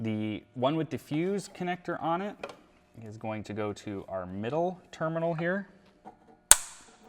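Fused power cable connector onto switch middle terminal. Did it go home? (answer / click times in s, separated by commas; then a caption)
yes / 6.5 s. Someone talks, then pushes the power lead with the inline fuse connector onto the middle terminal of the shuttle's power switch. A sharp, loud click is heard at 6.5 s as the fused power connector seats onto the switch terminal.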